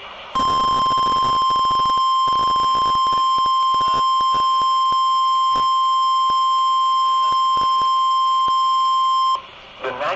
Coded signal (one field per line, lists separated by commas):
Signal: Emergency Alert System (SAME) tones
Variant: 1050 Hz attention tone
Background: speech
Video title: TORNADO WARNING INCLUDED! | EAS Alerts from April 15, 2018 (EAS #238-243)